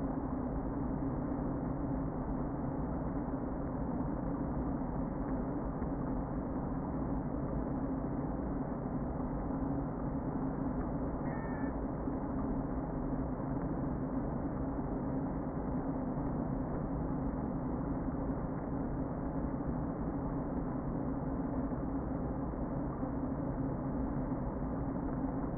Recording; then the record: honeybee colony, microphone inside the hive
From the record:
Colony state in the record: queen present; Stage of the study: before two queens were removed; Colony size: about 60,000 bees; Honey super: yes